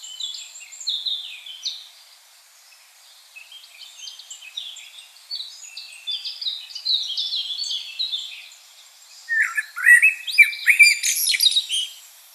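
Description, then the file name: Common blackbird song: a long stretch of thin, high chirping notes, then near the end a louder warbling phrase with scratchy twitters. "Turdus merula"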